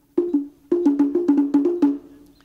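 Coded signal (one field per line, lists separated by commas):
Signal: talking drum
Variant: two-tone Congo slit drum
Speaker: I'll read out first of all five phrases attention the talking drum goes down river to the Village to the Village of yakuzo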